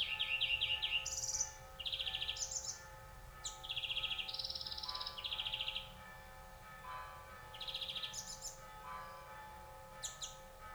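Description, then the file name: European greenfinch twittering in fast trilled phrases and short buzzy notes, loud at first then softer, some fainter calls later, over low background noise. "Chloris chloris"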